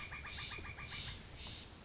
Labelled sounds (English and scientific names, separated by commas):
Steller's Jay (Cyanocitta stelleri)